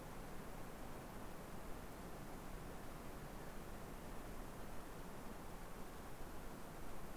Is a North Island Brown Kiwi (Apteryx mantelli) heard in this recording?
no